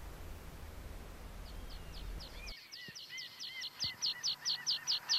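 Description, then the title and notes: Eurasian rock pipit giving a run of thin high call notes that grows louder, beginning during a stretch of low rumbling background noise, with faint lower slurred notes. "Viikon luontoääni: Luotokirvinen. Juha Laaksonen"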